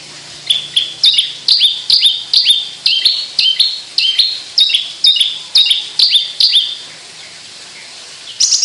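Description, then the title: Javan bush lark song: paired high notes, each a chirp followed by a lower whistle, repeated roughly twice per second, then a pause and one last note. Indonesian sundul langit song style, described as a skyward song flight. "Branjangan Sundul Langit 3"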